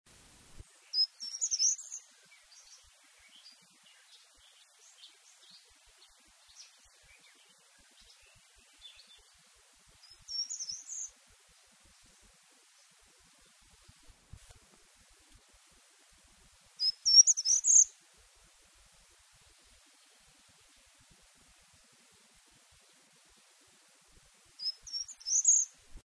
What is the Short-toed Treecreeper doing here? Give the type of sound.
song